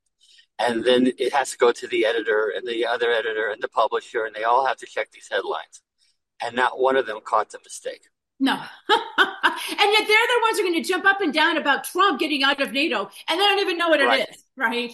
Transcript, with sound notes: And then it has to go to the editor and the other editor and the publisher and they all have to check these headlines, and not one of them caught the mistake.
No. (laughs) And yet they're the ones who are gonna jump up and down about Trump getting out of NATO and they don't even know what it is.
Right.